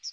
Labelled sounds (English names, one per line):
Chestnut-sided Warbler flight call